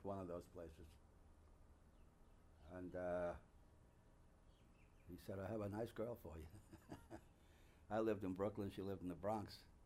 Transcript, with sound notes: one of those places. And he said, "I have a nice girl for you." (He laughs) I lived in Brooklyn, she lived in the Bronx,